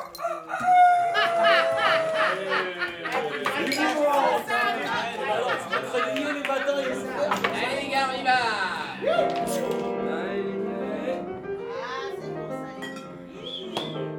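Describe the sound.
A rooster crows with a strained, warbling call, set against a dense, continuous layer of clucking fowl and background chatter that keeps the whole stretch busy and fairly loud.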